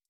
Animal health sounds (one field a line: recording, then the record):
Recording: hydrophone in a shrimp aquaculture tank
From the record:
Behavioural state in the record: stressed